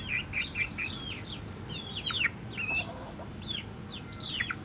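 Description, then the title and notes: Chickens: chicks give high, thin peeps, many sliding downward, in short bursts with pauses between, over a low steady hum. Hens and chicks in a henhouse in a museum garden, Jette, Brussels, Belgium; recorded with DPA 4060 microphones in AB position into a Zoom F3 recorder. "Atelier 34zero Museum, Jette, Bruxelles-Capitale, 1090, Belgique - Chicken house - poulailler. Hens, chicks in the Atelier 34zero museum garden. Poules, poussins dans le poulailler du musée"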